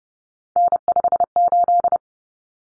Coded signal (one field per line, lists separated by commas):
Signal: Morse code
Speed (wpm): 30 wpm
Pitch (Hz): 700 Hz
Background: none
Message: N58